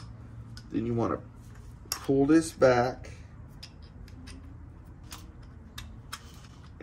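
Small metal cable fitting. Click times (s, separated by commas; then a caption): 0.6 s. A new clutch cable end fitting on a 2013 Softail Heritage motorcycle is pushed into its mating part in the clutch release mechanism inside the clutch cover area. It locks in place with a single sharp tick at 0.6 s. Someone talks, and faint metallic ticks follow later in the clip.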